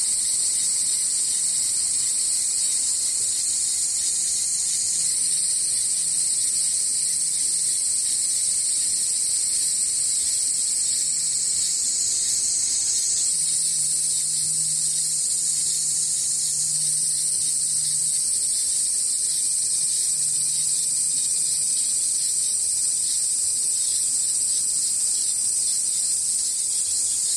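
Cicadas buzz in a dense, steady, high-pitched drone throughout, with slight shifts in tone and a faint low hum underneath.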